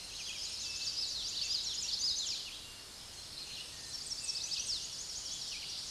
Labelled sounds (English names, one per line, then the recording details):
Chestnut-sided Warbler song
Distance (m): 10 m
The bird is about 5 m above the microphone
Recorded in a Pennsylvania forest on 16 May 2024 at 06:02
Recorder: AudioMoth, point MSD-2208
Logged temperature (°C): 15.2 °C
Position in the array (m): 138 m, 91 m